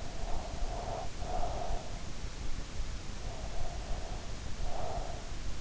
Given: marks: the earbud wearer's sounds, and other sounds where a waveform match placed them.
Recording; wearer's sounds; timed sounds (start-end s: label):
sounds in sleep by an in-ear microphone; breath
0.00-2.04 s: breath
3.23-5.34 s: breath